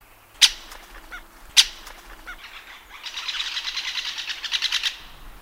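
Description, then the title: Great spotted woodpecker giving two sharp, loud single 'kik' calls about a second apart, followed by a rapid, buzzy chattering series of high pulses lasting about two seconds. "Viikon luontoääni: Käpytikka"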